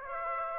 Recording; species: mosquito wingbeat signal from an infrared sensor; Aedes aegypti